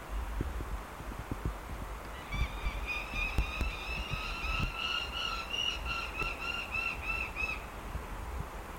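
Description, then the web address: Lanner falcon bursts into a fast run of harsh, repeated notes lasting about five seconds, over low thuds and rumbling noise. "sound Lanner-falcon. صدای-پرنده-لاچين"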